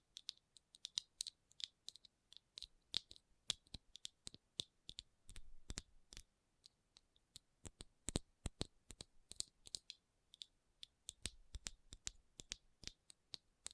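Rhinestones are tapped and scratched in quick, irregular bursts of bright clicks, with brief soft scraping rustles between the sharp taps.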